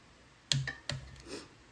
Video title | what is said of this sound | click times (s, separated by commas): 17.5 Briggs and Stratton Rebuild | you hear it hear it snap the hell that was | 0.5 s